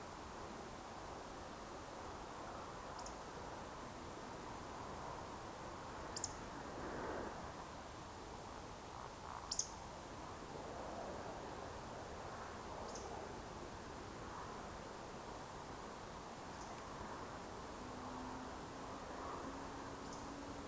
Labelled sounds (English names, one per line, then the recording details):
Eurasian Woodcock
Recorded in Baden-Württemberg, Germany, on 27 June 2020 at 20:35 UTC
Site 43791, 788 m above sea level